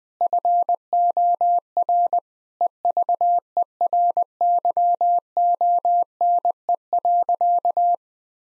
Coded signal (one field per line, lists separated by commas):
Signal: Morse code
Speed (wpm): 20 wpm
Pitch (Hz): 700 Hz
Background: none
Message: FOR EVERYONE.